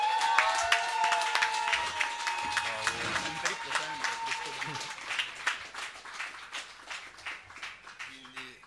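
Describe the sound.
An audience applauds steadily, a dense patter of many hands clapping that loosens into more separate claps toward the end, with a voice talking faintly underneath.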